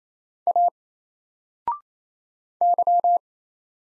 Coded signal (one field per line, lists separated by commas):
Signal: Morse code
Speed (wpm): 27 wpm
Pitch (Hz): 700 Hz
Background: none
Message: A Y